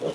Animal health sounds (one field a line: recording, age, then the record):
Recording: pig call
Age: piglet (1 to 25 days)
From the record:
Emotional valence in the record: positive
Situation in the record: huddling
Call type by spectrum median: low-frequency call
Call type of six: low-frequency tonal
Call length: 0.15 s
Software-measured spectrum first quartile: 402 Hz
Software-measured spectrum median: 524 Hz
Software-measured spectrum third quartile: 869 Hz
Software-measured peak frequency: 491 Hz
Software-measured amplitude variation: 131 dB a second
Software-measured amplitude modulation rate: 10.1 a second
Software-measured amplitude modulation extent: 13.1 dB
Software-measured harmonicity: 1.2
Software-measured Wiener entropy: -0.86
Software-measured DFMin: 984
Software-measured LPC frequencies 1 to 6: 500, 1921, 3015, 5903, 8663, 9322 Hz